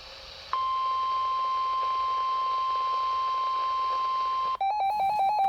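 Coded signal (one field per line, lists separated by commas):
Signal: Emergency Alert System (SAME) tones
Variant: 1050 Hz attention tone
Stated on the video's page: Required Weekly Test from NOAA Weather Radio stations KEC65 and WNG685, received on a RadioShack weather radio.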